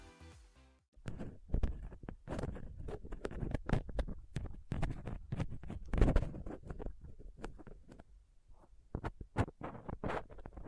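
A dental pick, tweezers and a cotton swab scrape and pick across a microphone, starting after a second of near silence. Dense, irregular scratches and sharp clicks come in quick bursts throughout, with a low rumbling thud underneath and brief pauses near four and eight seconds.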